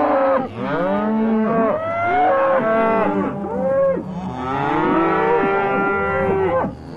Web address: cows